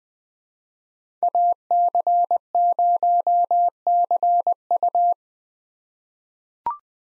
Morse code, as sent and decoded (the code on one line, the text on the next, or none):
.- -.-. ----- -.-. ..-
AC0CU